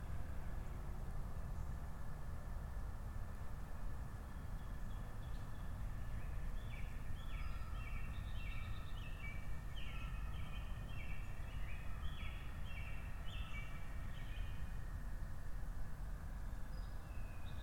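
Spring birds call in a hardwood forest over a steady, dense wash of low rumbling noise that stays constant throughout. From about six seconds on, a bird repeats short, bright chirps in quick runs, with fainter calls scattered at the start and end.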